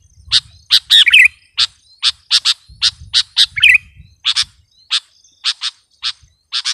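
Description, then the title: Sooty-headed bulbul giving a run of sharp chip notes with two quick warbled flourishes, over a faint low rumble. "kutilang"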